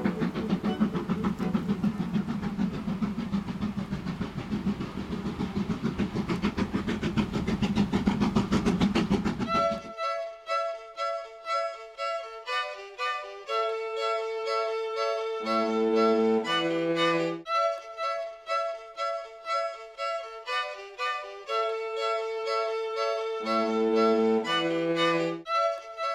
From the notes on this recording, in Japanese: 真岡鐵道を走るC11 325牽引の「SLもおか」